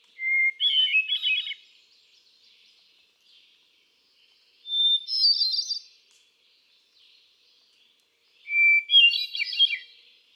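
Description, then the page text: Hermit thrush singing three phrases roughly every four seconds. Each begins with a pure held note, then a tumbling cascade of high, flute-like notes. Male singing in Quabbin Park, Ware, Massachusetts, on June 13, 2006, cycling through his repertoire of about ten different songs. "Birdsong for the Curious Naturalist. Hermit thrush. A truly gifted and inspiring songster, example 1. Can you hear how he cycles through his repertoire of about ten different songs? June 13, 2006. Quabbin Park, Ware, Massachusetts"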